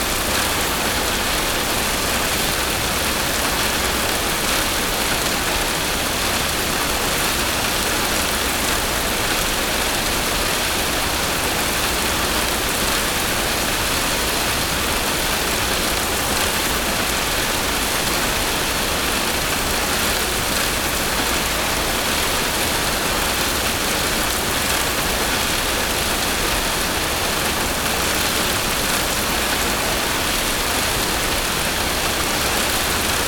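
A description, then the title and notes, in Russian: Soft, steady spring rain falls on a camper on a rough mountain road, a dense, even hiss that holds unchanged for the whole half minute. A low rumble runs beneath it, and fine pattering on the surface adds a gentle texture throughout. Весенние Дожди на Горной Дороге. Погрузитесь в успокаивающее обрамление кемпера, припаркованного в уединенной, но гостеприимной деревушке на высотах Альп. Мягкого, стабильного весеннего дождя и грубой горной дороги под ним, создавая симфонию естественного белого шума с ласковым стуком по окнам кемпера. Мягкий Альпийский Дождь.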